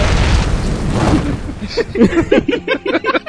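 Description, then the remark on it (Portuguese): A voice imitates an imploding explosion with a loud, breathy rushing rumble that builds for over a second, then breaks into a run of short, choppy voiced bursts. “E deve ser aquela explosão que vai puxando, sacolé? Antes de explodir, até aquela...”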